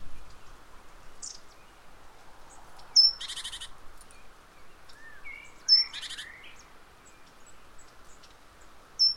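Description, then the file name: Great tit calls: two short buzzy, rasping bursts about three seconds apart, mixed with sharp high tonal chip notes, over a low steady background hum. "Parus major"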